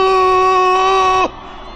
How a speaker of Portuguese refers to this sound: Esse grito bem alto aí